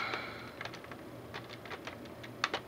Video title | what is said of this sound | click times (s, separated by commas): Zyuden Sentai Kyoryuger - Gaburicalibur + Gaburicannon - Review | and once that's snapped into place you'll hear that sound effect | 2.4 s